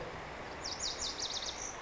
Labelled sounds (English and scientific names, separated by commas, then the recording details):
Lazuli Bunting (Passerina amoena)
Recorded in Sonoma County, California